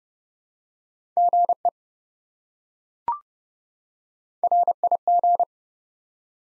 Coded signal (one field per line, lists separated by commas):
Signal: Morse code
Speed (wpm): 32 wpm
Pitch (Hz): 700 Hz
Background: none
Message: GE RIG